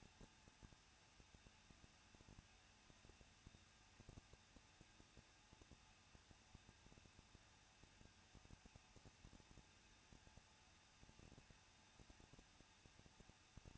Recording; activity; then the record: daily activity, microphone in the room; no activity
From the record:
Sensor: 2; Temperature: 21.0 degrees Celsius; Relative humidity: 37.3%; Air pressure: 1006.2 hPa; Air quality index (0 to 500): 221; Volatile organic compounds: 24 ppm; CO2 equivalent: 2800 ppm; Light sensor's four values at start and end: 2/3/2/2 and 2/3/2/2